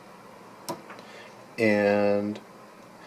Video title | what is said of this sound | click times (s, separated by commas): MINJ 1000 IVF | then this just Clips right into the clip on the universal ball joint | 0.7 s